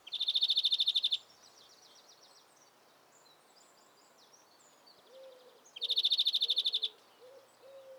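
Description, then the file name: European greenfinch trilling twice, each burst a fast, even run of high pulses lasting about a second, separated by several seconds of faint notes, with quieter low whistles near the end. "Chloris chloris"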